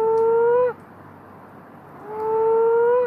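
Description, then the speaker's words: Moaning frog giving two drawn-out, moaning calls with a pause between them. Males call to attract females during the mating season; a haunting call, heard commonly around the middle of Perth. "that's the moaning frog, and it calls quite commonly around the middle of Perth."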